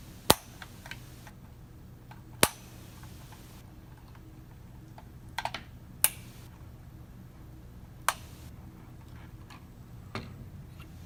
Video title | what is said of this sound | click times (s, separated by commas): Cryptocurrency Miner Build Tutorial for Beginners | Then you have to press down until you hear a click on all 4. | 0.3 s, 2.4 s, 6.0 s, 8.1 s